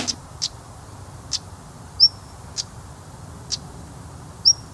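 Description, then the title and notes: Stonechat calls: sharp, dry clicks like knocked pebbles at uneven intervals, with two thin, high whistles mixed in. Call likened to two pebbles clicking together, given when people pass through territories; common on the Calf of Man and all around the Isle of Man. "Two pebbles clicking against each other? Must be the stonechat!"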